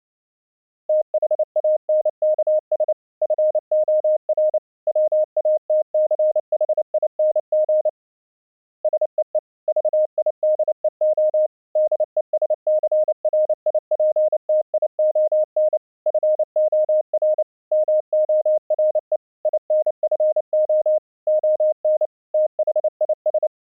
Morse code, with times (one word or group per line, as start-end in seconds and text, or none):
0.9-2.9 THANKS
3.2-4.6 FOR
4.9-7.9 WATCHING
8.8-9.4 SEE
9.7-11.5 VIDEO
11.8-15.8 DESCRIPTION
16.1-17.4 FOR
17.7-19.2 MORE
19.5-21.0 INFO
21.3-22.1 ON
22.3-23.5 THIS